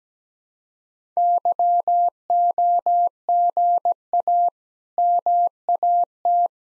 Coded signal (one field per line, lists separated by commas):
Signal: Morse code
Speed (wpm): 17 wpm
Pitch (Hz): 700 Hz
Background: none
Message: YOGA MAT